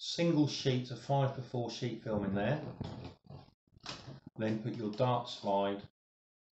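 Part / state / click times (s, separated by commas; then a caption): sheet film holder into large-format camera back / not seated / none. Someone talks while handling a double dark slide (sheet film holder for 5x4 sheet film) that is to be pushed into the spring back of a Graflex Pacemaker Crown Graphic 5x4 press camera until it locks in place. Nothing has seated or clicked yet; the clip ends before the holder goes home.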